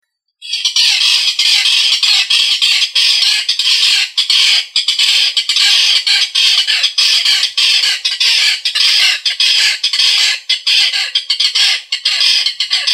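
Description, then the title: Rail giving loud, harsh, raspy squawks in a rapid, uneven series, continuing steadily after a brief silent start. "LuckyFamilia RallidaeFrangoSama"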